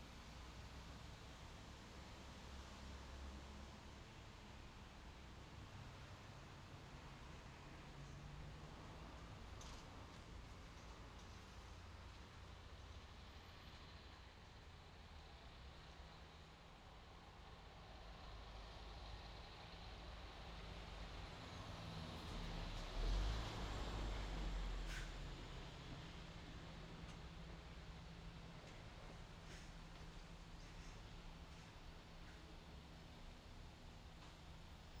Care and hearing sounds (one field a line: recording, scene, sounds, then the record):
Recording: everyday scene through a hearing-aid microphone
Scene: in traffic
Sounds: traffic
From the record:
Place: main road on the outskirts, rush hour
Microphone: in the ear canal, left